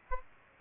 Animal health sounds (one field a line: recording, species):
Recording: mosquito wingbeat signal from an infrared sensor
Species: Aedes aegypti